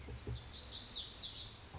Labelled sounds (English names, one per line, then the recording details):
Lazuli Bunting
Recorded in Sonoma County, California